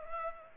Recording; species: mosquito wingbeat signal from an infrared sensor; Culex pipiens